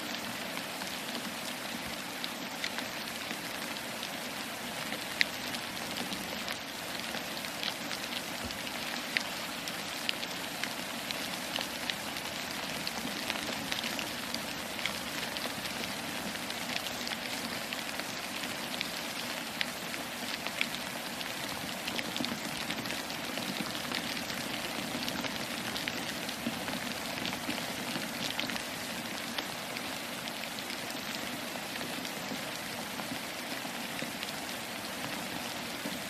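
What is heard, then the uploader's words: Rain falls steadily throughout, a dense, even hiss with countless drops pattering on a surface. The sound stays constant from start to finish, bright and full, with faint individual drop ticks scattered across it and no other sounds breaking through. Serenity of Rain.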